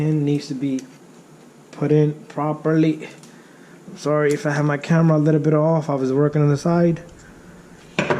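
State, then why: Seated. Someone talks while pressing a small metal pin into place in the drivetrain coupler of an XMAXX 8s RC truck during a rebuild. One sharp metallic click comes at 8.0 s as the pin seats in the coupler.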